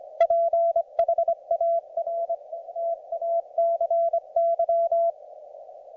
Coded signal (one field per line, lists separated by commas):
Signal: Morse code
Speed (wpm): 24 wpm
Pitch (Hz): 670 Hz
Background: none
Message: PHARTACY